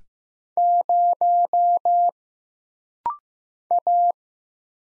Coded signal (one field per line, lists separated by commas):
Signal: Morse code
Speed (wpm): 15 wpm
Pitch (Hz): 700 Hz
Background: none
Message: 0 A